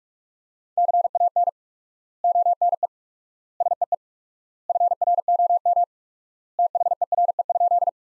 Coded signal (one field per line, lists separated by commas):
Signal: Morse code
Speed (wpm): 41 wpm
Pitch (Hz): 700 Hz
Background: none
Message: CAN ONE SEE FROM THERE?